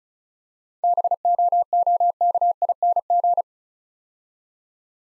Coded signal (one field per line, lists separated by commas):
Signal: Morse code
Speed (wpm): 36 wpm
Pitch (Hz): 700 Hz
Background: none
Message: BOOKING